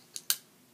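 A recoil spring assembly is pushed into the slide of a Springfield Hellcat pistol and catches on the front lip of the slide. A small sharp click at 0.2 s is followed by a louder, sharper metallic click at 0.3 s that fades quickly. The spring assembly is caught in place.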